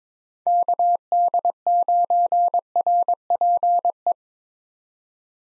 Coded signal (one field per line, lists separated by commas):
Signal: Morse code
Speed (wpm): 22 wpm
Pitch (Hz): 700 Hz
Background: none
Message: KD9RPE